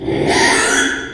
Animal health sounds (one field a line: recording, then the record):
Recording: squeal of a Yucatan mini pig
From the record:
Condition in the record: after surgery on the right vocal fold (resection and tissue-engineered implant)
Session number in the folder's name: 3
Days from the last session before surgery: 33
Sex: male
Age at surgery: 12 weeks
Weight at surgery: 13 kg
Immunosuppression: cyclosporine, prednisolone